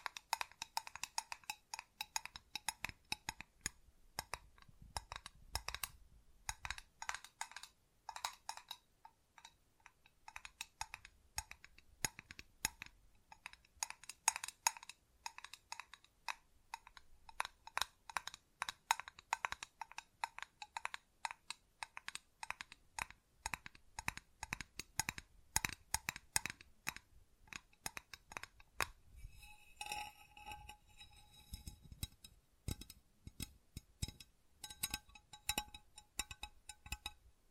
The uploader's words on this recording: ASMR Tingly Textures Tapping and Scratching No Talking.